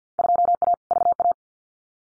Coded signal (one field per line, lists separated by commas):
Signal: Morse code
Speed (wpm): 50 wpm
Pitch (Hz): 700 Hz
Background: none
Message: 2A VA